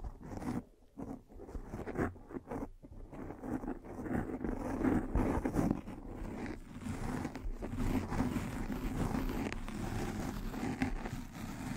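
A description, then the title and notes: Brushing and scratching against a microphone, a dense rough rustle concentrated in the low and middle range. The first three seconds are choppy, with short bursts broken by gaps, then the scraping becomes continuous and fairly steady, thinning slightly toward the end. Mic Brushing and Scratching.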